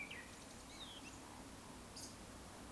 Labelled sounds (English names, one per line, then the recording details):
Eurasian Woodcock whistle
Eurasian Woodcock croak
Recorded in Baden-Württemberg, Germany, on 18 June 2021 at 19:33 UTC
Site 49334, 1074 m above sea level